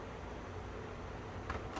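During assembly of a Bissell Powerlifter 2920 upright vacuum, a plastic part, likely the wand or handle, is being fitted onto the vacuum body. A steady low background hum runs throughout, with a brief plastic handling knock at 1.5 s and another faint one near the end. Nothing has seated or clicked yet.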